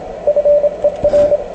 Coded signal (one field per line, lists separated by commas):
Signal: Morse code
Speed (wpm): 27 wpm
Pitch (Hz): 580 Hz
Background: radio noise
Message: FER